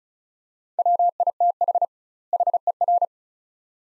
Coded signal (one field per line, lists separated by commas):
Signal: Morse code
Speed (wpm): 36 wpm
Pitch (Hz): 700 Hz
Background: none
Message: WITH HER